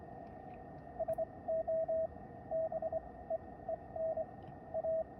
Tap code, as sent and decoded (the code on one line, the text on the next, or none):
none